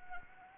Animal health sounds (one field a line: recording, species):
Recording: mosquito wingbeat signal from an infrared sensor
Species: Anopheles arabiensis